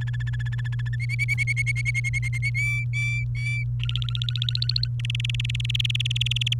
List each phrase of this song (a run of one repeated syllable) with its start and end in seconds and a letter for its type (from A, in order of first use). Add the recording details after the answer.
0.01-0.96 A, 1.00-2.50 B, 2.54-3.64 C, 3.79-4.88 D, 5.00-6.54 E. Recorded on 29 April 2018 at 11:02. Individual llb3